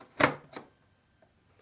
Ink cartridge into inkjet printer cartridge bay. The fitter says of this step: Take a finger and simply push where the white circle is until it clicks.